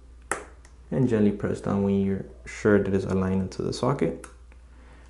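An iPhone 6 LCD flex cable connector is lined up with its logic board socket by moving it side to side, then gently pressed down. One sharp snap at 0.3 s marks the connector seating home, and someone talks for the rest of the clip.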